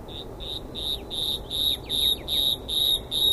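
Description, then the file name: Common nightingale song: high, thin notes strung in rhythmic bursts, each burst lasting under half a second and repeated steadily with short gaps. "Luscinia megarhynchos"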